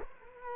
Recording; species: mosquito wingbeat signal from an infrared sensor; Culex quinquefasciatus